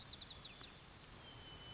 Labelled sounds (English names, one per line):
White-crowned Sparrow